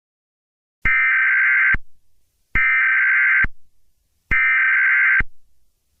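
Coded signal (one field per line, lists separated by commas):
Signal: Emergency Alert System (SAME) tones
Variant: header bursts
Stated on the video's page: Valid EAS tones interrupting a song performance.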